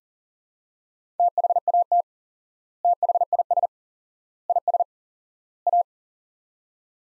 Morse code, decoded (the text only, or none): THAT THIS IS A